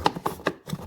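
A plastic body piece is pushed into the rear of a Peg Perego Polaris RZR 900 12-volt ride-on toy car, with the bottom fitted first and then the top pressed in. A series of short, sharp plastic clicks and knocks is heard, and the piece snaps into place at 0.3 s. The part is seated.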